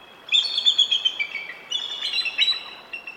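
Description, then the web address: Bald Eagle calling with a high, squealing chatter of rapid piping notes in two bursts. "Birdnote. Bald Eagles Daredevil Cartwheel Flight"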